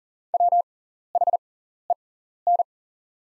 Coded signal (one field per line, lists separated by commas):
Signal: Morse code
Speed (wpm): 40 wpm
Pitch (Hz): 700 Hz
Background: none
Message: WHEN